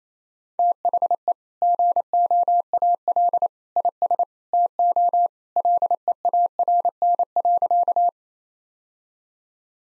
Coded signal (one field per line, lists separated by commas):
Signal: Morse code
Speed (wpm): 28 wpm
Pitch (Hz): 700 Hz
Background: none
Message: THE GOAL IS TO LEARN.